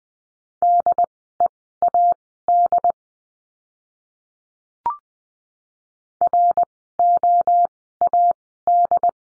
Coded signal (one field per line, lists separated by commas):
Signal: Morse code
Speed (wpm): 20 wpm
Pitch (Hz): 700 Hz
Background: none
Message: DEAD ROAD